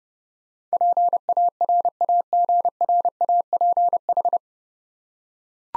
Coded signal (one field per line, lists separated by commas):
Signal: Morse code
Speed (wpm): 31 wpm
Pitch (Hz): 700 Hz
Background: none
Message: PARAGRAPH